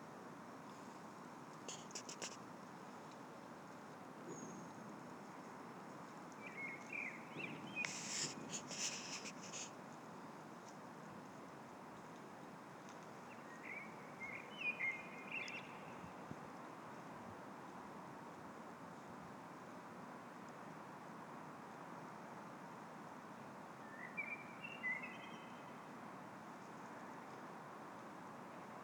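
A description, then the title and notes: A blackbird sings short, quiet phrases at about 6–8 seconds, again around 15 seconds and near 25 seconds, with silence between. A steady low rumble of traffic runs underneath throughout, and a few sharp knocks and rustles come near 2 and 8 seconds. The Christmas Blackbird at Årstadal by pelles.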